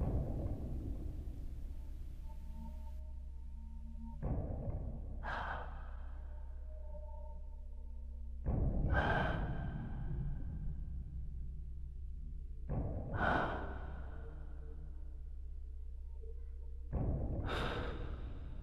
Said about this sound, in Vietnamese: Trong không gian chỉ còn lại tiếng thở khò khè và nặng nề.